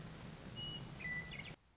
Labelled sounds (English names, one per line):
Western Meadowlark